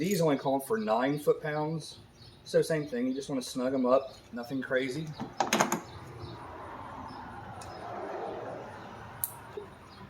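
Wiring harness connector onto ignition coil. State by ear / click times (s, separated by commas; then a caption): seated / 9.2 s. A plastic wiring harness connector is pushed onto an ignition coil on a Honda Civic after the spark plugs are snugged to nine foot-pounds. Someone talks for the first several seconds, followed by a couple of sharp knocks around 5.5–5.7 s and a quieter stretch of handling noise. The connector latches with a small, sharp click at 9.2 s, confirming it is seated.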